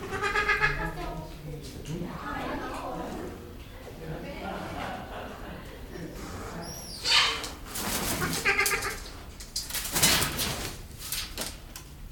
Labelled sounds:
Trumpeter Hornbill call

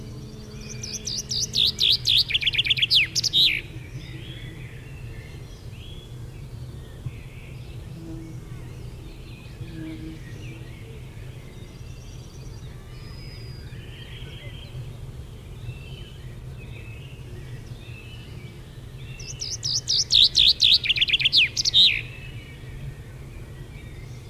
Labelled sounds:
Common Chaffinch song

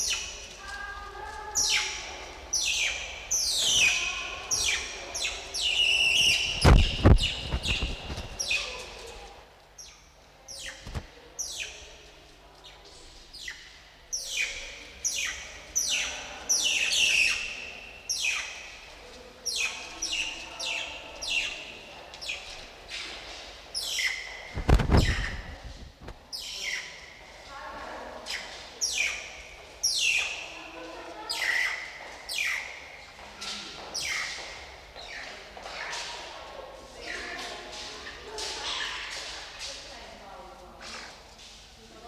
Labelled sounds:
Banded Mongoose

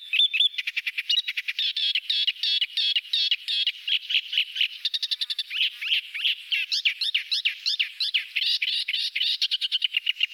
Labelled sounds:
Thick-billed Warbler song

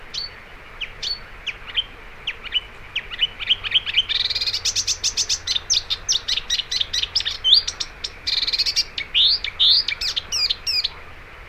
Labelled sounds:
Marsh Warbler song

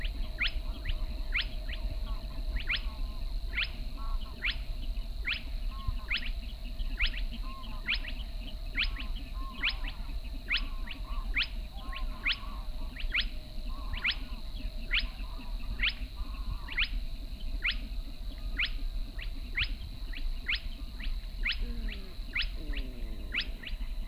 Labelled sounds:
Spotted Crake

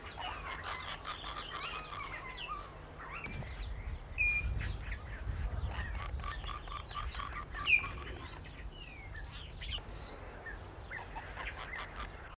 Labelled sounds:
Northern Lapwing call

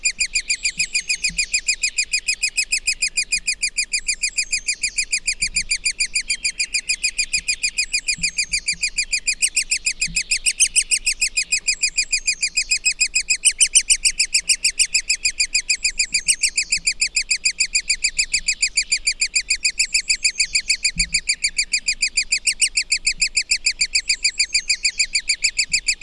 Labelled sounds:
Great Spotted Woodpecker call

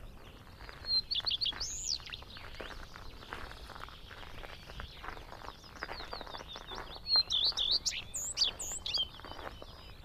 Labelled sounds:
Common Redstart song

